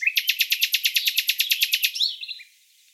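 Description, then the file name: Common nightingale song: a fast run of many identical sharp notes lasting about two seconds, ending in a brief rising whistle and a short buzzy tail. "Luscinia megarhynchos"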